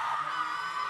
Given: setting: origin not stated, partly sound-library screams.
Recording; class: one-second piece from a danger detection set; woman in danger